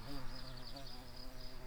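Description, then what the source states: Garden bumblebee buzzing, a steady low hum with a rich stack of overtones, holding an even pitch throughout with no pauses. Queen garden bumblebee.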